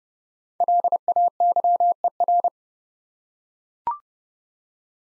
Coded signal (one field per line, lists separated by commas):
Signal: Morse code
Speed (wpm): 30 wpm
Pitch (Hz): 700 Hz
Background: none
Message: LAYER